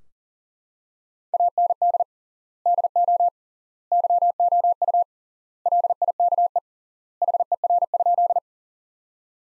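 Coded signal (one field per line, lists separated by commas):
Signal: Morse code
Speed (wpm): 37 wpm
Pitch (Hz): 700 Hz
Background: none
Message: AND DO YOU LIKE HER?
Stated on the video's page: Sentence practice from the top 100 words at 40 wpm with 3x word spacing, similar to the Farnsworth method.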